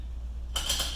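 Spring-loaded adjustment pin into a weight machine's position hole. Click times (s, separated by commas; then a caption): 0.6 s. A trainer releases pressure on the spring-loaded metal adjustment pin of a chest and shoulder press weight machine, moves the arm to a new position, and lets the pin snap into the position hole. Over a steady low hum, a sharp metallic clink rings out at 0.6 s as the pin clicks in and seats.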